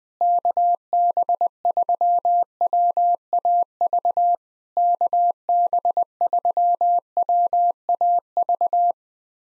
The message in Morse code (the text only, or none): KB3WAV KB3WAV